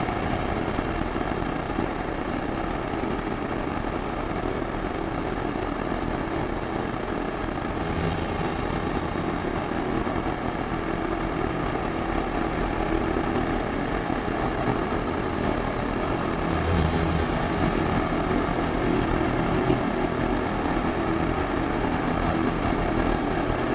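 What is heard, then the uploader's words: A drone drones on in a steady, dense hum with a low rumble, with brief hissy swells around eight and seventeen seconds. Drone.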